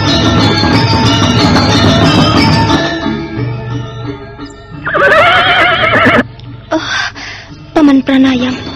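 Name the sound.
horse neighing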